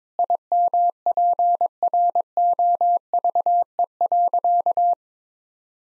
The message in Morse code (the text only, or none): IMPROVE.